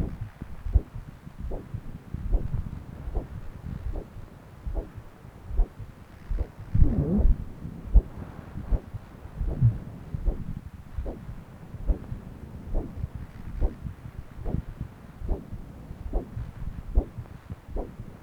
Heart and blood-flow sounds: Doppler ultrasound of blood flow; left subclavian vein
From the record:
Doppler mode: continuous wave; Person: adult scuba diver, at rest before a dive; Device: O'Dive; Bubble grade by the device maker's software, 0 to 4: 0

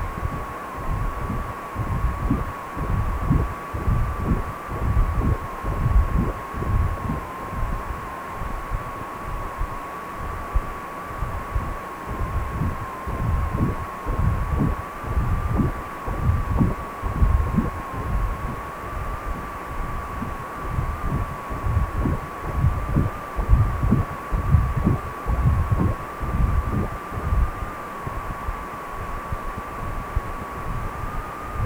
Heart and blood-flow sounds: Doppler ultrasound of blood flow; precordium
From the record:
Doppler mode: continuous wave and pulsed wave in the uncut recording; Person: healthy adult, 18 to 50 years, no heart murmur, not diving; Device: 2.5 MHz transducer

